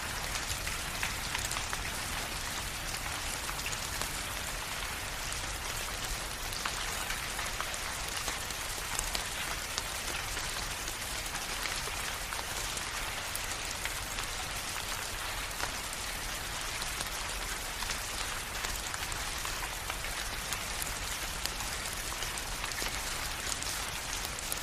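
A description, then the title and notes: Rain falls steadily and densely throughout, a constant bright hiss of countless drops striking a surface, with a faint low rumble beneath. Rain Sounds.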